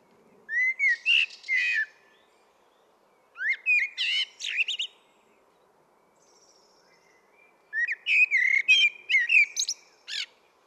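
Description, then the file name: Common blackbird song in three separate phrases of whistled and twittering notes, spaced a few seconds apart. "Turdus merula"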